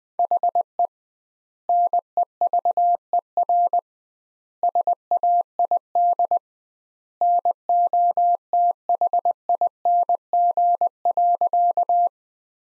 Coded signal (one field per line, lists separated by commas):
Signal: Morse code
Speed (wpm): 20 wpm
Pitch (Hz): 700 Hz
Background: none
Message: HE NEVER SAID NOTHING.